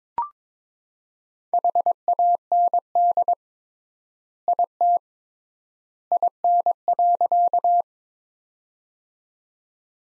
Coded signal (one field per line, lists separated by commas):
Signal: Morse code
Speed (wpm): 22 wpm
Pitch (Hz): 700 Hz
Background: none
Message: HAND IT IN.